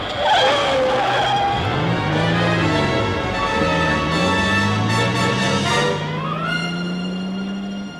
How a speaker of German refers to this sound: Doch kaum war ich 3 Schritte vom Gehsteig herunter, hörte ich einen Wagen in großer Fahrt herankommen. Riesige Scheinwerfer schienen mir direkt in die Augen.